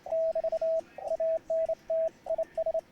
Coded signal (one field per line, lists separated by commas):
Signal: Morse code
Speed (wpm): 27 wpm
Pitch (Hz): 650 Hz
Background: radio noise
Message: <BT> ANT IS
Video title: I made a Multi Band vertical and RAG CHEW with the Bug Key